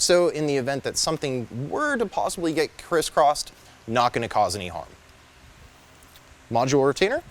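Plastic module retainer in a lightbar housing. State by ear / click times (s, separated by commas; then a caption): not seated / none. A plastic module retainer inside a Whelen Liberty II mini lightbar housing is handled as it is pushed back toward position while someone talks. Speech fills most of the clip, with a quiet stretch from about 5 to 6.5 seconds before talking resumes. Nothing has seated or clicked into place yet.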